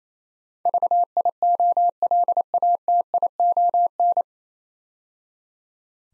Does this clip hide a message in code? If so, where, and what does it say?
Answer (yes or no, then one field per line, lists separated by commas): yes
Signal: Morse code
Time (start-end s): 0.7-4.2 s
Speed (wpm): 28 wpm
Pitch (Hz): 700 Hz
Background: none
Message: VIOLATION